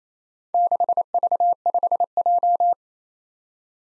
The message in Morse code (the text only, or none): 6V5J